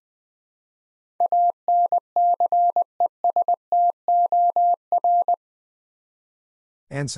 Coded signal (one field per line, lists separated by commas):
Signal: Morse code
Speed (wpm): 20 wpm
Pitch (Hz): 700 Hz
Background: none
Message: ANCESTOR